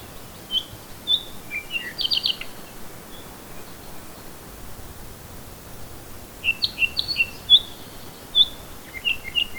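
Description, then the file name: Bird song: scattered high chirps and short whistled notes in two bursts, the second a quick run of repeated tweets. "manu birdsongs"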